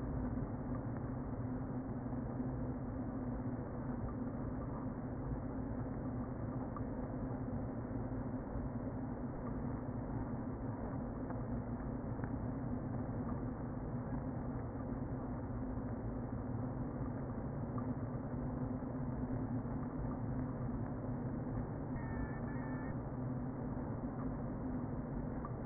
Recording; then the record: honeybee colony, microphone inside the hive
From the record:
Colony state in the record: queen present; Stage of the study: before two queens were removed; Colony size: about 60,000 bees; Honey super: yes